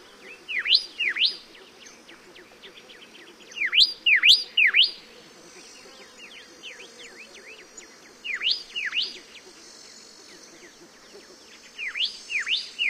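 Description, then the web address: Pyrrhuloxia singing short phrases of three or four sharp V-shaped whistled slurs, dropping then rising, repeated every few seconds, with softer notes between them. "Songs of Birds of North America Know Your Bird Sounds. Pyrrhuloxia"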